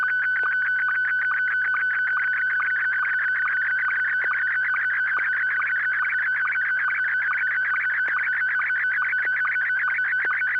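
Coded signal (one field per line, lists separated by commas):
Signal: SSTV (slow-scan television)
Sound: warbling, chirpy tone stream with regular short low ticks, under a steady whistle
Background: steady whistle, low hum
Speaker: I do believe I have something I'm ready to send this is actually kind of detailed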